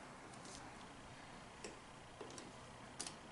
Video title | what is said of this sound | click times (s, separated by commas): A Weekend Away From COVID19 Stick Of Power | you hear that mm-hmm a little click | 3.0 s